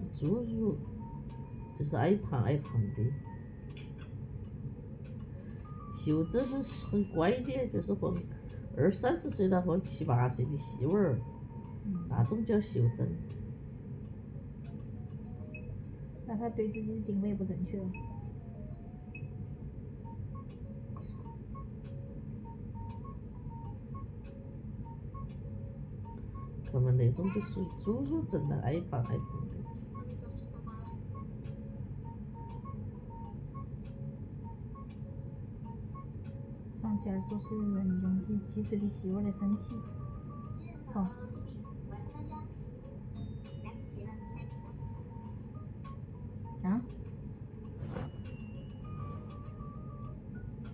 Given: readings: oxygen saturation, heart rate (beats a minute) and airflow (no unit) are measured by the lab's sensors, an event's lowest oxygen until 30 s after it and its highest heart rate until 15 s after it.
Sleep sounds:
a person awake in a sleep study, by a smartphone at the bedside; none
0.00-50.74 s: awake
0.00-50.74 s: awake
From the record:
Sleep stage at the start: awake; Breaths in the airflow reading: 12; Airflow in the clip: -0.7 to 0.7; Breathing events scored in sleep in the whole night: 496 in 5.4 hours asleep

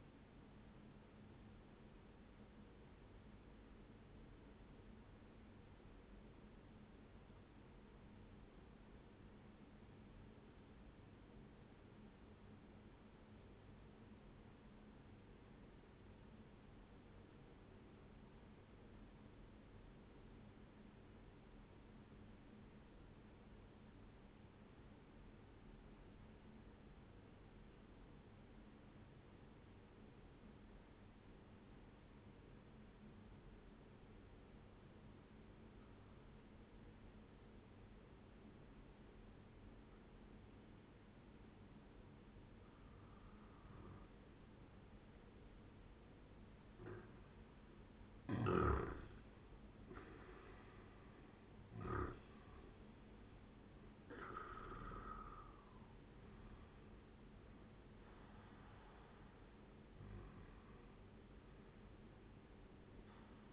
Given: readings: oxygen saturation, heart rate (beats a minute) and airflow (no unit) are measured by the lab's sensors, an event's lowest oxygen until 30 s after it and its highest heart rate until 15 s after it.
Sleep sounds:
breathing in sleep by a voice recorder at the bedside; 1
3.00-46.80 s: obstructive apnea (N1, oxygen 97% highest, then 90% lowest, heart rate 62 at the start, 78 highest)
27.00-57.00 s: new sleep stage, N2 (light sleep)
57.00-63.53 s: new sleep stage, N1 (lightest sleep)
From the record:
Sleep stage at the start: N1 (lightest sleep); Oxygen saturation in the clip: 90 to 97%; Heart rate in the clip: 59 to 78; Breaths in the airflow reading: 4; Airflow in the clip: -10.3 to 11.3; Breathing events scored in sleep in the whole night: 131 in 7.2 hours asleep

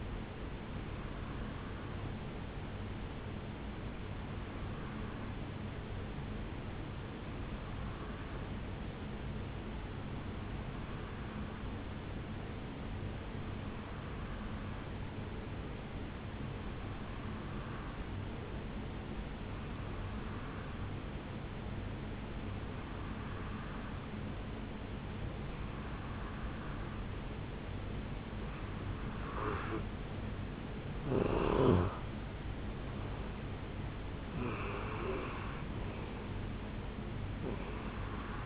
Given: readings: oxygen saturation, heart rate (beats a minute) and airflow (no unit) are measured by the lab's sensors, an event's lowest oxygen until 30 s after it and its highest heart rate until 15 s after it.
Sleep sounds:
breathing in sleep by a voice recorder at the bedside; 1
3.00-27.60 s: hypopnea (N2, oxygen 93% highest, then 89% lowest, heart rate 68 at the start, 78 highest)
From the record:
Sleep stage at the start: N2 (light sleep); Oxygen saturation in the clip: 89 to 93%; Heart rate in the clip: 67 to 78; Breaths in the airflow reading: 12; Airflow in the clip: -7.7 to 5.8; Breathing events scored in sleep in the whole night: 449 in 7.0 hours asleep

